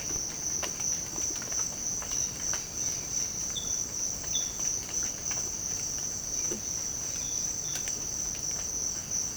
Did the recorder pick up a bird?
no